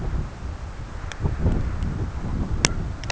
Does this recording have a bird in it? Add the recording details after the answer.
yes. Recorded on Arctic tundra, site CORI-1, on 11 June 2018. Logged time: 02:00